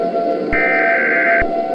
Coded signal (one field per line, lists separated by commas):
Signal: Emergency Alert System (SAME) tones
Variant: header bursts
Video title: EAS Scenarios #42-43 Thanksgiving Special